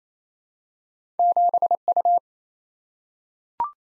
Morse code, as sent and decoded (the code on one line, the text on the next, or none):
--... ..-
7U